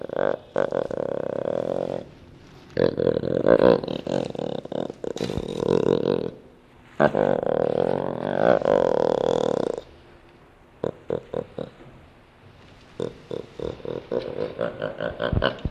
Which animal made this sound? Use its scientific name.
Panthera onca